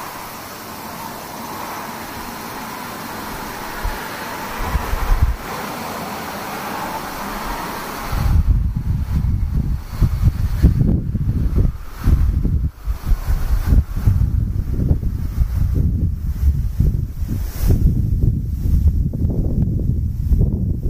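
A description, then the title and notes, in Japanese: Wind noise, with a faint high steady drone that may be cicadas. For the first eight seconds a soft, even hiss sits in the middle range; then heavy gusts batter the microphone, bringing deep, uneven rumbling and buffeting bursts that continue to the end. セミ風音。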